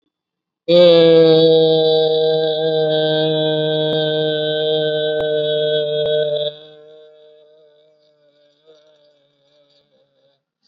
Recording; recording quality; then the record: sustained vowel as in made; excellent, no background noise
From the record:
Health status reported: COVID-19 positive, mild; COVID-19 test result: positive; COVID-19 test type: RT-PCR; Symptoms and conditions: cough, fever, fatigue, diabetes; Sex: female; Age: 60 years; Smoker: no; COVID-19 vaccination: both doses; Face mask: not worn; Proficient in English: yes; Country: India